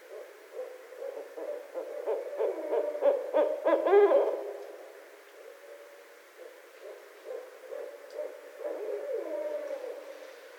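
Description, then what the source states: Barred owl giving a rapid run of cackling, hooted notes that builds to a loud, descending wail midway, then softer chattering hoots follow. Recorded on 29 February 2012.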